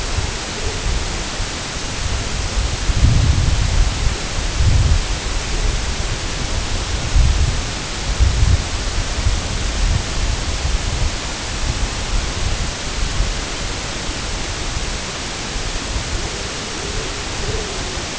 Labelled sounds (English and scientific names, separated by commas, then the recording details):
none
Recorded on Arctic tundra, site IGLO-A, on 22 June 2018
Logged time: 05:59